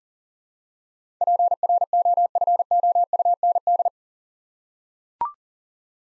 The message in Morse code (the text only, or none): PROFOUND